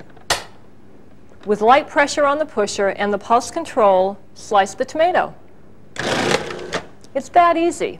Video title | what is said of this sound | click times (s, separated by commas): Cuisinart: How To Use Your Food Processor - DLC 10 Series (1995) (VHS) | the sleeve and push her over the large feed tube press down on the sleeve and you'll hear it click with | 0.3 s